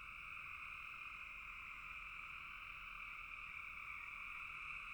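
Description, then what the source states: Frogs in a dense continuous chorus, a steady trilling wall of sound in two bright bands, with no pauses or other clear sounds. Several frogs calling in a bog.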